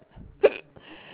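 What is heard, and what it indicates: A single sharp, abrupt hiccup from an adult having another recurring bout of hiccups, bursting out between quiet stretches while reading aloud from Dr. Seuss.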